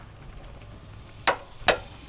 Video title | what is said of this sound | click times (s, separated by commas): Rear Motor Mount Replacement (2003 Mazda Tribute / Ford Escape) | we go you heard that click it wasn't breaking it was this thing clicking and it means they're tough | 1.3 s